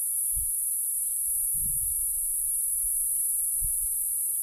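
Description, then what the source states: Platypleura cicada song, a steady high-pitched buzzing drone continuing unbroken throughout, with a few soft low thumps beneath. Platypleura cf. catenata, 20 km west of Swellendam on the R324, Western Cape, South Africa.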